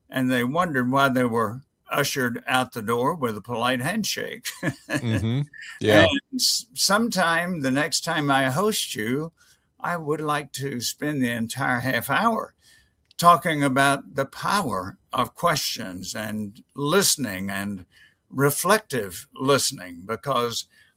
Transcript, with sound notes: and they wondered why they were ushered out the door with a polite handshake. [laughter] Yeah. And sometime, the next time I host you, I would like to spend the entire half hour talking about the power of questions and listening, and reflective listening, because